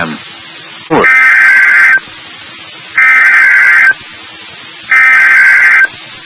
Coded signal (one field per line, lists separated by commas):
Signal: Emergency Alert System (SAME) tones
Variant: header bursts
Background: speech